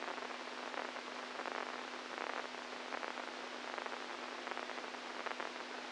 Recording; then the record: brain microelectrode recording played as sound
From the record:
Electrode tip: inside the subthalamic nucleus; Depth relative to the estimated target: -1 mm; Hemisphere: right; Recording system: NeuroSet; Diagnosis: Parkinson's disease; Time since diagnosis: 10 years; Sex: male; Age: 65 years